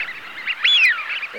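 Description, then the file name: Eurasian wigeon giving a single clear whistle that rises sharply and then slides down. For use as a hunting lure. "Свиязь Fischione"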